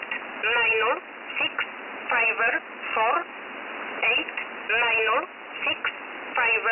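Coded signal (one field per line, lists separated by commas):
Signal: numbers station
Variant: E11 Oblique, English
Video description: E11 is a very active Polish number station, broadcasting since the 80s. The name "Oblique" comes from the expression for "/", is part of "Polish 11" and is its English mode.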